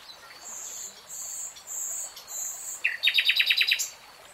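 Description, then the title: Nightingale song: sustained high buzzy notes, then a fast series of loud repeated clicking notes lasting under a second. Real-time recording. "[Tiếng chim hót] 3 Hours REALTIME Nightingale Singing"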